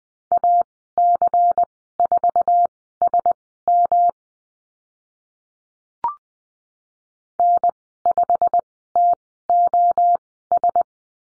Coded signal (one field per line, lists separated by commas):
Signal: Morse code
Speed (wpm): 20 wpm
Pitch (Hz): 700 Hz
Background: none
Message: AC4SM N5TOS